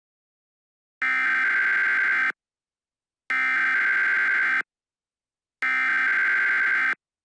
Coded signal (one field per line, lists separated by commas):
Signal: Emergency Alert System (SAME) tones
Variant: header bursts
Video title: "CAPTIVE" [EAS Mock]